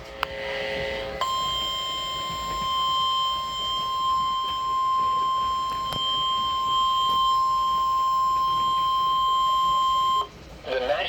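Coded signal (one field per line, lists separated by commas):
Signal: Emergency Alert System (SAME) tones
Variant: 1050 Hz attention tone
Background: speech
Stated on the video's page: Severe thunderstorm warning tones for a hail storm.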